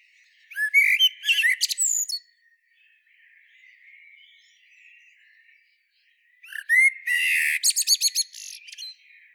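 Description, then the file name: Common blackbird singing two phrases about six seconds apart, each opening with mellow fluted whistles and ending in a burst of high, squeaky twittering notes; faint background between. "Turdus merula"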